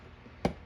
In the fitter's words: so that it snaps into place just like that perfect